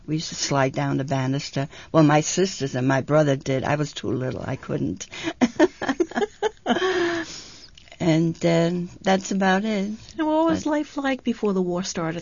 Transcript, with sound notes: We used to slide down the banister. Well, my sisters and my brother did, I was too little, I couldn't. ( they laugh ) And that's about it.
Now, what was life like before the war started, though?